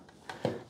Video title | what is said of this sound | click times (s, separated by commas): Part #2: LHY Audio SW-6 SFP Audiophile Ethernet Switch | the bottom one, click again, is connected. | 0.3 s, 0.4 s